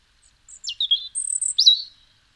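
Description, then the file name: European robin giving a brief high phrase of thin whistles and sliding notes, ending in a bright rising-falling note. "Erithacus rubecula"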